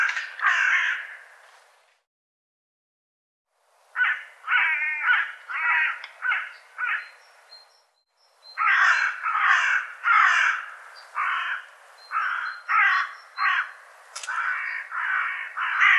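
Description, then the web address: Bird giving harsh, raspy caws: a short burst, a pause of about two seconds, then long runs of rapidly repeated calls. "cianscape birddata"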